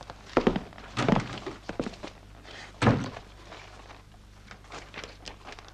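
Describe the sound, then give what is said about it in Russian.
A wooden desk drawer is pulled open with a few dull thunks and knocks, then a folder of newspaper clippings is lifted out amid soft papery rustling and light handling noises. “Петр достает из ящика стола папку, в которой вырезки из газет.”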